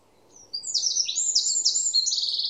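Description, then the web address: Bird calls, a sudden stream of high, buzzy chirps running together without a break to the end. "cianscape birddata Deverinetal 2025"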